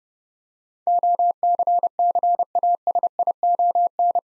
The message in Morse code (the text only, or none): OCCASION